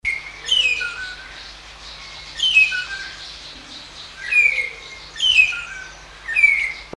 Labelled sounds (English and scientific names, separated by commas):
Magpie Shrike (Urolestes melanoleucus) call